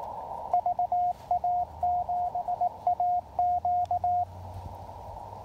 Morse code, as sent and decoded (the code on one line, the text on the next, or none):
...- .- --... .- --.-
VA7AQ